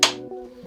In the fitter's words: go until you hear it click just like that and we'll do the same on our f3800